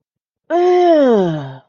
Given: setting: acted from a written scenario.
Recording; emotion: vocal sound without words; disgust